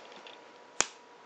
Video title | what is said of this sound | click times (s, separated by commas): Gubzlef Reviews MP21 Masterpiece Bumblebee and Spike | we're going to take the legs and we're going to straighten them so you straighten them and you'll hear a nice click | 0.8 s